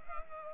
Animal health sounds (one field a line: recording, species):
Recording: mosquito wingbeat signal from an infrared sensor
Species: Culex pipiens